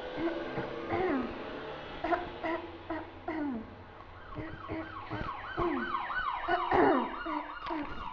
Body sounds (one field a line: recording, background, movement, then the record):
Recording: throat clearing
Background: traffic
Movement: sitting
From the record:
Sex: female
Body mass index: 18.8 kg/m2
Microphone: on the chest, facing outward